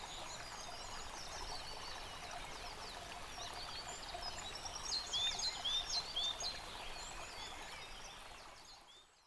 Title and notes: Dlouhý Důl 14, 407 47 Krásná Lípa, Czechia - Ptáci a potok. Ptačí sněm snímaný u potoka.. nahráno na ZOOM H6